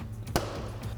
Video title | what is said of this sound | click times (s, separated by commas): 2006-2023 Charger Novistretch Hi-Flow Front End Mask Review & Install | Those will just snap into place like so. | 0.4 s